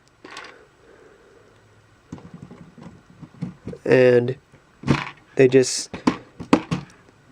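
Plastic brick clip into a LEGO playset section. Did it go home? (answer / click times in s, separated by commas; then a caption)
yes / 6.5 s. Someone talks while a small plastic LEGO brick clip is pushed home into a section of the 10236 Ewok Village playset. A sharp snap is heard at 6.5 s, and the clip is seated in place.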